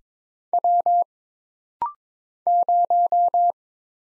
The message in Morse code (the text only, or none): W 0